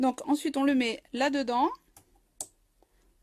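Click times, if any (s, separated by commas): 2.4 s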